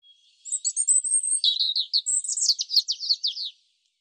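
European robin song: thin, very high whistles mixed with quicker, lower notes, about three seconds long.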